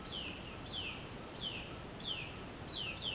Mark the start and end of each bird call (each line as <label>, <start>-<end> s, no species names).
bird call, 0.00-3.15 s